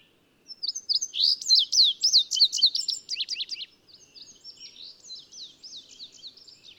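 Bird song: a loud run of quick, sharp chirps and downslurred high notes, fading into a softer, continuous twittering.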